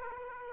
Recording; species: mosquito wingbeat signal from an infrared sensor; Aedes aegypti